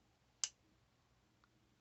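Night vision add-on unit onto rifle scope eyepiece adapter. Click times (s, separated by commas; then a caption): 0.4 s. A Westhunter NVE20 night vision add-on unit is pushed onto a rifle scope's eyepiece adapter and snaps home with one sharp click at 0.4 s. A much fainter tick follows near 1.9 s. The unit is seated and locked on, with the two small markings on the side lined up parallel.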